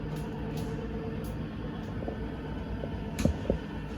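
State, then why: Torque reached. The electric drive motors of the slide-out room on a 2024 Forest River Surveyor 202RBLE travel trailer run steadily with a low rumbling hum as the room moves out. A short series of clicks comes at 2.8, 3.2 and 3.5 seconds when the room reaches full extension. The clicking confirms the slide-out is fully extended.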